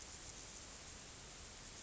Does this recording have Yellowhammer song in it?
no